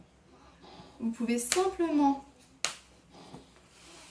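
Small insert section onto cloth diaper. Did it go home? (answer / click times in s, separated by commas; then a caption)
yes / 2.6 s. Someone talks while the small part of a two-part bamboo insert is snapped onto a TotsBots cloth diaper with a plastic press stud. One sharp snap is heard at 2.7 seconds as the small insert section seats on the diaper.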